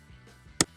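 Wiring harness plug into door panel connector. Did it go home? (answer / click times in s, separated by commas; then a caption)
yes / 0.6 s. On a 2025–2026 Kia K4, a white plastic electrical wiring plug is slid into its connector socket on the back of the door panel, tab side toward the panel, during side mirror work. After a quiet lead-in, a single sharp, brief click sounds at 0.6 s as the plug seats. The plug is in and locked.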